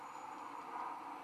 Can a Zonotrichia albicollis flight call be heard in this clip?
no